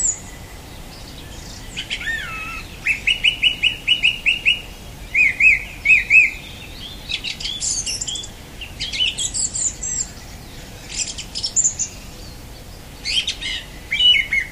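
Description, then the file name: Song thrush song with the same short, clear note repeated several times in a row, then new repeated phrases and scratchy high twitters, each separated by brief pauses. "Golosa ptic - Pevchij drozd"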